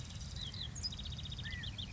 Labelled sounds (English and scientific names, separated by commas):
California Quail (Callipepla californica)